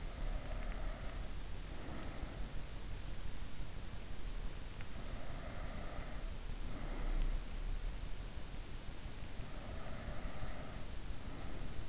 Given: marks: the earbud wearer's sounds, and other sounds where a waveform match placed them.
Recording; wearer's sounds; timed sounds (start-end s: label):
sounds in sleep by an in-ear microphone; breath
0.00-2.00 s: breath
4.90-7.11 s: breath
9.99-11.89 s: breath